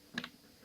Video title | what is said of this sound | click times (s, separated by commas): Dyson v6 motor head review (after 1 1/2 months) | can see in here and then the back will click in pretty easily and then | 0.2 s